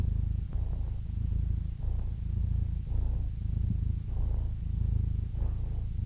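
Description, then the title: Domestic cat purring, a low vibrating drone that rises and falls with each breath. Compilation of domestic cats ranging from kittens to old cats. "The Ultimate Compilation of Adorable Cat Meows 🐱😺 #CatMeows #CuteKittens"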